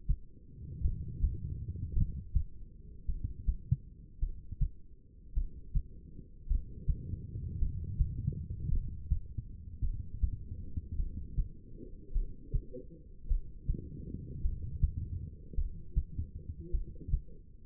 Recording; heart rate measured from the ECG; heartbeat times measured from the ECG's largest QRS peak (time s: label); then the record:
heart sounds by stethoscope; 53 bpm
0.81 s: heartbeat
1.93 s: heartbeat
3.05 s: heartbeat
4.19 s: heartbeat
5.33 s: heartbeat
6.47 s: heartbeat
7.58 s: heartbeat
8.69 s: heartbeat
9.80 s: heartbeat
10.96 s: heartbeat
12.12 s: heartbeat
13.27 s: heartbeat
14.41 s: heartbeat
15.54 s: heartbeat
16.70 s: heartbeat
From the record:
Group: heart failure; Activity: rest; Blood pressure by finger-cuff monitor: 82/63 mmHg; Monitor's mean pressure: 70 mmHg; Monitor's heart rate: 53 bpm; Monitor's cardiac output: 2.5 L/min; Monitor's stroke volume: 47 mL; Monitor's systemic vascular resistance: 2000 dyn s/cm5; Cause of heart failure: non-ischemic cardiomyopathy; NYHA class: 1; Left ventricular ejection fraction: 52%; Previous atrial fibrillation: present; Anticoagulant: apixaban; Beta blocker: bisoprolol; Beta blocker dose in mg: 10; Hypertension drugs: sacubitril-valsartan, spironolactone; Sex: female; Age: 68 years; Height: 169 cm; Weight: 71 kg